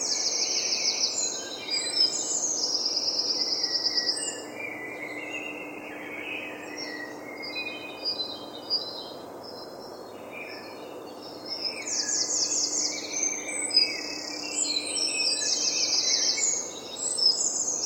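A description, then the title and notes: A dawn chorus of birds overlaps in dense, bright trills and chirps, busiest at the start and after twelve seconds, over a steady low hum. The enchanting dawn chorus of birds. London Dawn Chorus.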